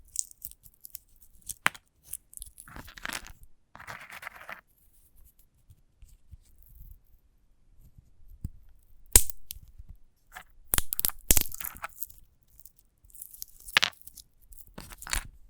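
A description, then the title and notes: Dry crackling, scratching and crunching on a sunflower head, in irregular bursts with quiet gaps between. A soft rustly patch sits near the four-second mark, and sharp bright snaps cluster around nine to eleven seconds and again near fourteen and fifteen seconds. ASMR of a Sunflower Head (No Talking).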